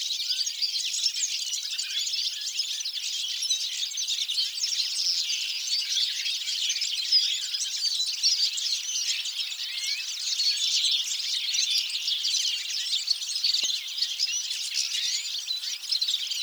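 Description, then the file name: European goldfinch song, an unbroken stream of quick high tinkling notes and buzzy trills, with a single faint click late in the stretch. "Carduelis carduelis"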